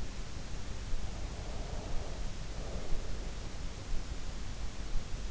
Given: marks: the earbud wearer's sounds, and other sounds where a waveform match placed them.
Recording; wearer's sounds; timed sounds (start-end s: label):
sounds in sleep by an in-ear microphone; breath
1.33-3.50 s: breath